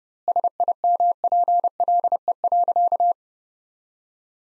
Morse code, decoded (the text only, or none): SIMPLE.